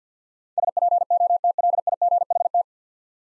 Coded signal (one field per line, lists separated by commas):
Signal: Morse code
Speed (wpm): 50 wpm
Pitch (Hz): 700 Hz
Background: none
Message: SPOTLIGHT